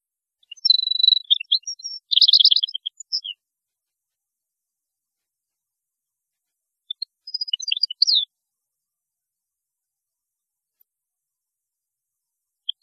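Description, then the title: European goldfinch song opening with a dense, rapid twitter and trill, then silence before a second, shorter tinkling phrase. "Chant Chardonneret"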